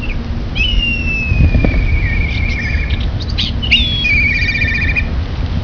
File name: Bkite